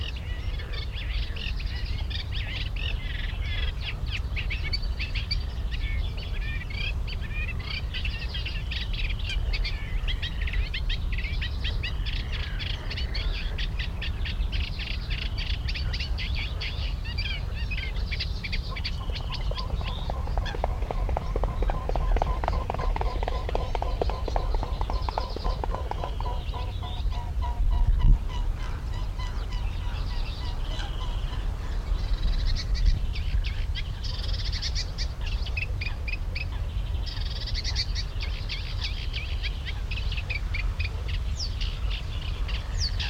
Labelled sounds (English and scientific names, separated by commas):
Eurasian Reed Warbler (Acrocephalus scirpaceus)